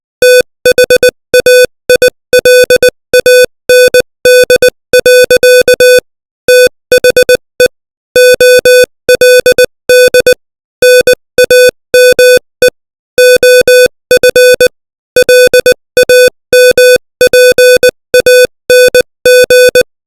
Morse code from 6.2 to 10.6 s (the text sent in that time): THE OLD